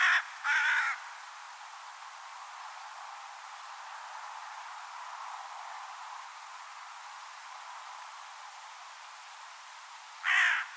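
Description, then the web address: Bird uttering two quick rasping caws at the start, then a long hiss-filled pause before one more harsh caw near the end. "Deverinetal 2025 File origin Bird Only"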